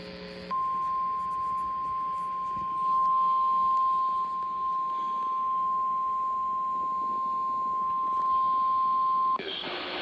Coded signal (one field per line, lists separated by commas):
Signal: Emergency Alert System (SAME) tones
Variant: 1050 Hz attention tone